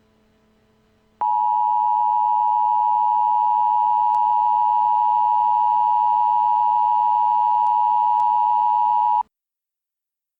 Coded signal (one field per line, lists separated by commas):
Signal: Emergency Alert System (SAME) tones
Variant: 853 and 960 Hz attention tone